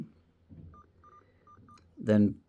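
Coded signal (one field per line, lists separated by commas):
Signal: none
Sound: scanner key press beeps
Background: speech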